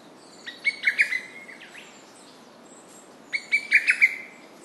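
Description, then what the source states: Lesser cuckoo singing two emphatic, chopped phrases of several quick notes, separated by a pause, over a soft hiss. Recorded 29 May 2007 at 11:30.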